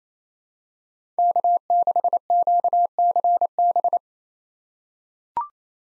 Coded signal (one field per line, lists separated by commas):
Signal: Morse code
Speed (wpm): 28 wpm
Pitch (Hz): 700 Hz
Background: none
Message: K6QCB